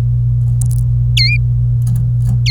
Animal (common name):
Domestic Canary